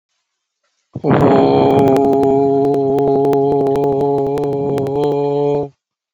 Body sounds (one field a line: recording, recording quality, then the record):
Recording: sustained vowel as in boot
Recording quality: moderate, slight background noise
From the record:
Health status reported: COVID-19 positive, mild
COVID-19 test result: positive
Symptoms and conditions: cough, breathing difficulty, loss of smell and taste, chronic lung disease, pneumonia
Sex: male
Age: 48 years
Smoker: not ticked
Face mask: not worn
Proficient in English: yes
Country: India